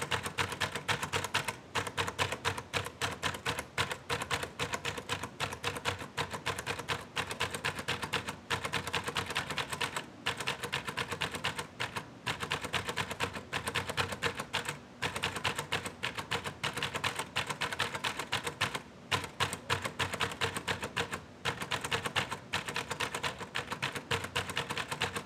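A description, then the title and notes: Someone types steadily on a typewriter, a fast, dense run of sharp mechanical clacks that fills the whole stretch. Brief pauses break the rhythm every few seconds, likely carriage returns or shifts, before the rapid keystrokes resume. ASMR Radio - Typewriter. Typing on a typewriter.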